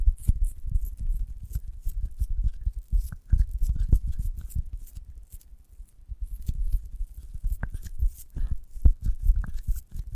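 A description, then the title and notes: A giant gummy bear being handled and chewed, with dense, low, soft thumps and squishes coming in quick irregular bursts throughout. Brief sticky tearing sounds stand out around three, seven and a half, and nine seconds, and a short quieter stretch falls near six seconds. ASMR of a Giant Gummy Bear (No Talking).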